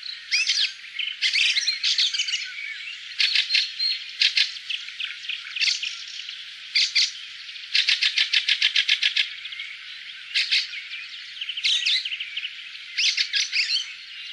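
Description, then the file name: Fieldfare giving harsh, dry chacking calls in short bursts, with a rapid run of several clipped notes near the middle, interspersed with squeaky twittering phrases. "graatrost"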